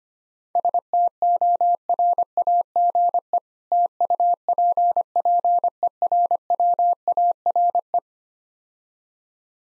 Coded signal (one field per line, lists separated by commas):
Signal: Morse code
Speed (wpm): 25 wpm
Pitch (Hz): 700 Hz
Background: none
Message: STORAGE TUPPERWARE